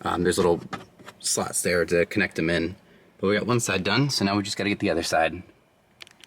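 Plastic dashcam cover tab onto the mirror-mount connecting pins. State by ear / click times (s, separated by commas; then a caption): seated / 6.0 s. Someone talks while pushing the second side of a plastic FitcamX dashcam cover onto the small connecting pins and slots of the original mirror-mount piece in a 2025 Honda Civic Si. After the talking stops, sharp short clicks are heard starting at 6.0 s as the cover tab snaps and seats into place.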